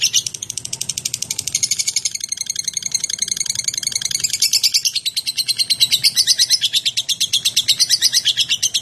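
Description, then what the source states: Lovebird song: a sustained torrent of high, scratchy chirps, louder in the second half. Described with the term 'konslet'.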